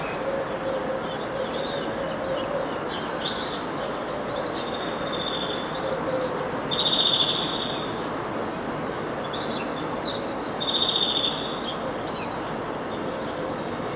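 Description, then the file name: European greenfinch giving a few long wheezy notes and brief twitters, two clearer calls near the middle and end, against a constant broad rumbling hiss. "Chloris chloris"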